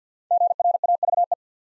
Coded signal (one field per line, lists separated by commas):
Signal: Morse code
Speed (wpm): 50 wpm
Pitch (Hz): 700 Hz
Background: none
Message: GRAVE